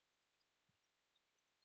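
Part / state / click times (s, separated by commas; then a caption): plastic brick element into a brick assembly / not seated / none. A small plastic brick element is handled and pressed toward a brick assembly while building the Lego Star Destroyer set #75394. Over a steady quiet hiss, only a soft low thump near 0.7 s and a few faint ticks are heard. Nothing has seated or clicked into place yet.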